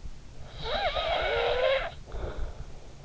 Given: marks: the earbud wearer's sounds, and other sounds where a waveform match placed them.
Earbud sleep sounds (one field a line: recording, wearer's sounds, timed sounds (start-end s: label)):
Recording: sounds in sleep by an in-ear microphone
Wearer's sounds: snoring breath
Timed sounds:
0.05-3.05 s: snoring breath